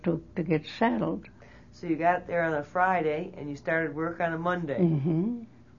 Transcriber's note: none